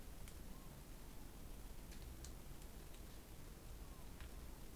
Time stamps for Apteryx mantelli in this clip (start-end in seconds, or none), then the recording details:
none. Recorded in New Zealand on 20 November 2013. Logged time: 21:14. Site CG25